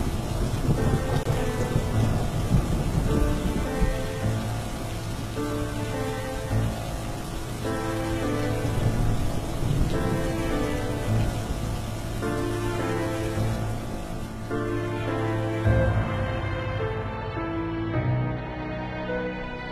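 Heavy overnight rain with strong wind pours down steadily for the whole stretch while deep thunder rumbles and rolls underneath, the storm holding at a constant loud level with no voices.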